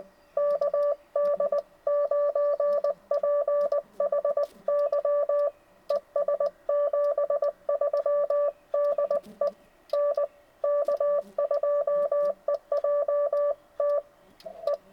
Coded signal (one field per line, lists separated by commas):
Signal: Morse code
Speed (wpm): 22 wpm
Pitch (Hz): 560 Hz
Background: none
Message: KD9PHY ES 73 DE N K2EJT E